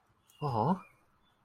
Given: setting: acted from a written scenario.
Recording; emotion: vocal sound without words; sympathy